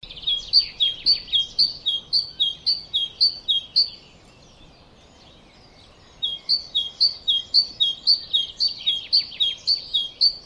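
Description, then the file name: Great tit giving a rapid series of see-sawing two-note whistles, falling silent for about two seconds, then resuming the same rhythmic phrase. "Parus major"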